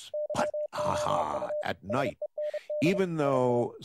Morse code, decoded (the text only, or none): YOU SEND ST